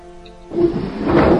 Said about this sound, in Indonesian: Setelah suasana sepi karena sesi satu sudah pulang, aku dan temanku masih mendengar beberapa kali suara gaduh. Hanya saja, kami tidak pernah menggubrisnya. Terdengar suara benda-benda seperti digeser-geser.